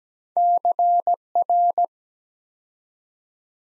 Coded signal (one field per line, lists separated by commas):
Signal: Morse code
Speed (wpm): 17 wpm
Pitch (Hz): 700 Hz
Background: none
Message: CR